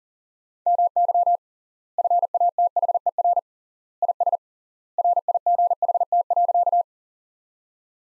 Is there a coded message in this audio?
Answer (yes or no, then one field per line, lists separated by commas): yes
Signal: Morse code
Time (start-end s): 0.7-6.8 s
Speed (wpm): 40 wpm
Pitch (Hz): 700 Hz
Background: none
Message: MY FATHER IS RIGHT.